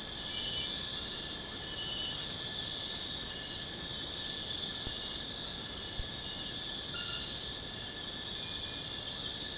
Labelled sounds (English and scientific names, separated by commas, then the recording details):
none
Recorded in secondary vegetation near Puerto Asís, Putumayo, Colombia, on 25 June 2025 at 22:00
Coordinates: 0.484, -76.319
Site G074